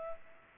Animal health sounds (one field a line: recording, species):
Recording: mosquito wingbeat signal from an infrared sensor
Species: Culex pipiens